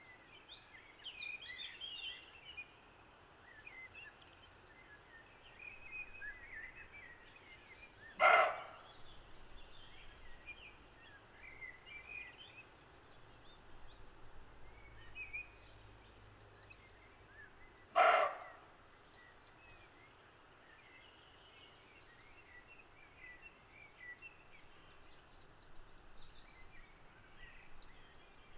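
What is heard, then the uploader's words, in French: Barking in woodland undergrowth: two single loud barks ring out, about ten seconds apart, near the first third and two-thirds marks. Between them, birds chirp and twitter steadily, with short high, thin calls repeating throughout over a quiet background. ABOIEMENTS EN SOUS-BOIS. Val Maravel - Nagra seven - stéréo - mkh20. Le soir doucement s'installe accompagné d'une fraîcheur certaine. Je suis interpellé par un puis deux chevreuils (Capreolus capreolus) qui viennent de sentir mon odeur au vent portant.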